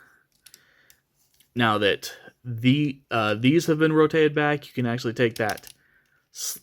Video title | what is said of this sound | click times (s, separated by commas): Tanks-giving Studio Series Voyager Class Brawl | and lock into place | 0.5 s